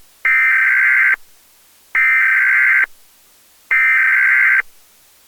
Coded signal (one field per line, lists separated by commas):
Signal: Emergency Alert System (SAME) tones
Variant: header bursts